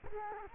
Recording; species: mosquito wingbeat signal from an infrared sensor; Culex quinquefasciatus